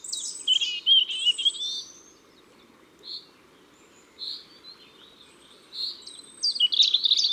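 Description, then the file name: European robin song: a burst of high, tumbling, thin warbled phrases, then scattered single piping notes after long pauses, ending in a dense sparkling flourish; faint low hum beneath. Ardèche, France. "Rougegorge-Familier-Concerts-Naturels-De-l Ardeche"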